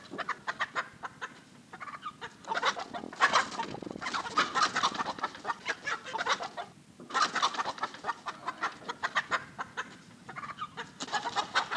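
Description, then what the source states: Chickens clucking and squawking, many birds calling at once in dense agitated bursts, loud surges separated by short quieter gaps. Agitated chickens in a hen house.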